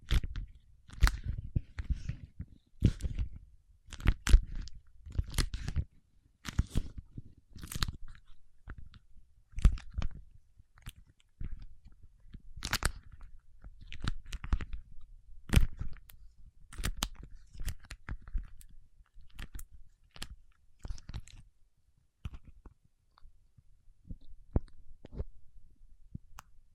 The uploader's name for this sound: Paraffin Wax Peeling, Tapping and Scratching